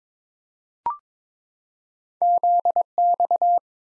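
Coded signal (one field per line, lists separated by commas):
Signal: Morse code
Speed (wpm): 22 wpm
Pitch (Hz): 700 Hz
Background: none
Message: ZX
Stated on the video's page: Morse practice drill at 22 wpm: random two-character letter and number combinations for head copy, each sent, spoken, then sent again.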